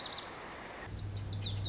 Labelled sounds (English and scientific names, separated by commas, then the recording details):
Lazuli Bunting (Passerina amoena)
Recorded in Sonoma County, California